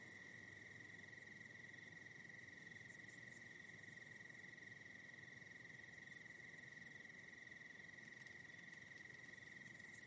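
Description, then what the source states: Steady cricket trill, high and even, joined by short clusters of faster chirping every few seconds. Soft night ambience of crickets in the Hollywood Hills.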